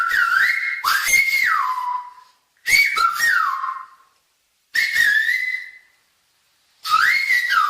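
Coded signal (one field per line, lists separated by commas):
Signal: whistled language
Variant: Silbo Gomero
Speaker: Ahora les enseño un poco del silbo.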